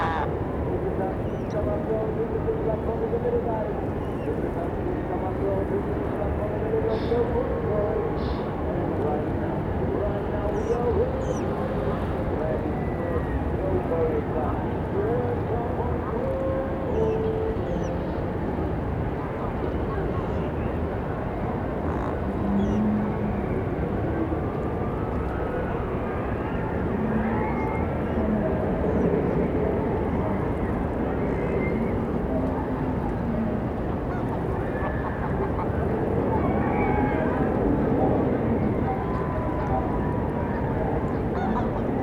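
A busy funfair carries across a lake in a city park, a dense, steady wash of crowd voices and machinery that stays level throughout. Brief honks and short tonal calls poke out now and then, with faint squeals and clicks higher up.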